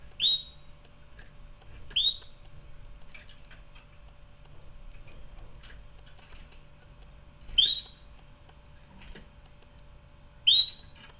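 Canary: four sharp upslurred whistled chirps from a canary, a pair near the start and a pair later, over a quiet low hum.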